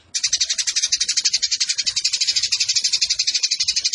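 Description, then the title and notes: Eurasian tree sparrow song, a sudden burst of quick, bright, repeated chirps that pulse steadily for the rest. Long, clear-voiced fighting chatter ('tarung'), used as master tutor song ('masteran') for training birds for song competitions. "GEREJA TARUNG NEMBAK PANJANG SUARA JERNIH MASTERAN WAJIB BURUNG LOMBA. Burung Gereja"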